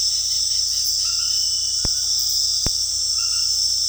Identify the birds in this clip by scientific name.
none